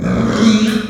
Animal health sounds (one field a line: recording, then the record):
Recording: squeal of a Yucatan mini pig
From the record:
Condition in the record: after surgery on the right vocal fold (resection and tissue-engineered implant)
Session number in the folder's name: 9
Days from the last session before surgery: 65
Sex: female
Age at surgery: 19 weeks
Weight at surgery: 25 kg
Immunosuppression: prednisolone